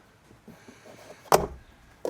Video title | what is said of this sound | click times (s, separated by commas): 2013 Honda Fit Cabin Air Filter Replacement | Push in on the sides. They'll snap back in. | 1.3 s